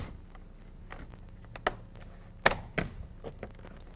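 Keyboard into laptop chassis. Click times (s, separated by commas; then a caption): 2.5 s. With the LCD laid flat, the keyboard of an IBM ThinkPad 600 is popped up and reseated into the laptop chassis so the back hinge cover, which was not seated, sits properly. Faint taps lead to a sharp snap at 1.7 s, a loudest click at 2.5 s and another snap at 2.8 s, and the keyboard is seated.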